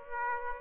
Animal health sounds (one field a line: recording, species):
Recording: mosquito wingbeat signal from an infrared sensor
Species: Aedes aegypti